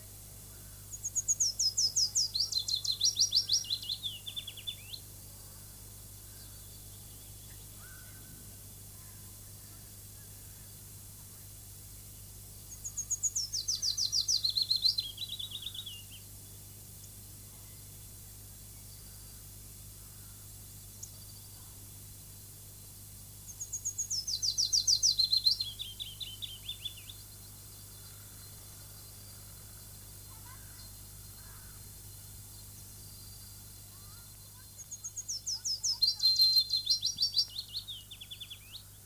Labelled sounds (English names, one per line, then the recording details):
Willow Warbler song
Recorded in the wild
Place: Köppchensee, Berlin, DE
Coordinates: 52.6167, 13.3667
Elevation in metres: 40
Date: 2004-04-17 13:31
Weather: sunny, 16-18°C
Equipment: Fair Mate ST-1328 (Asahi Electronics, Japan), Sennheiser ME 80, Kopie Uher 4000 Report Monitor
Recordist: Tembrock, Günter